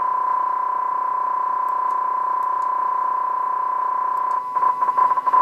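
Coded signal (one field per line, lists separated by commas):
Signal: PSK31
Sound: steady warbling tone near 1 kHz, then broken bubbling bursts as text is sent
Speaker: and I'm just going to paste in a string here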